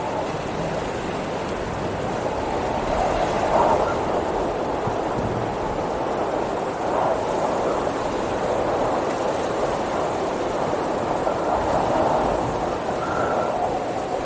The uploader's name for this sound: Windy Storm White Noise